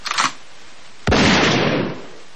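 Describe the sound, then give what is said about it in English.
A short metallic rattle, then a single loud gunshot with a sharp, booming crack that rings out and fades over almost a second. No voices. “Gunshot shot straight to the head.”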